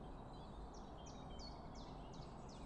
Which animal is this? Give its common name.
Common Chiffchaff